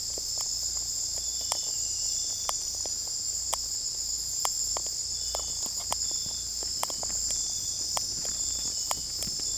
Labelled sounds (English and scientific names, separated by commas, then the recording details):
none
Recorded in secondary vegetation near Puerto Asís, Putumayo, Colombia, on 16 December 2024 at 00:00
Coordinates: 0.481, -76.318
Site G042